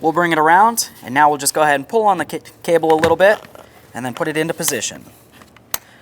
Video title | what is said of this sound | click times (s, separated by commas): How to Replace Rear Window Regulator 2006-10 Ford Explorer | listen for a click make sure it's completely secured you do not want this to fall apart inside the door panel | 5.7 s